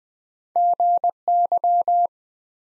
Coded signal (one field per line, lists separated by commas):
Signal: Morse code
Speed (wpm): 20 wpm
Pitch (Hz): 700 Hz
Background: none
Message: GY